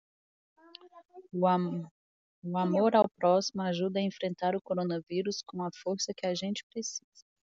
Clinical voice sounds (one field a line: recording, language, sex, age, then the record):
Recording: spoken sentence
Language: Brazilian Portuguese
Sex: female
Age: 30 to 39 years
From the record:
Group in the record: control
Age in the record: 36 years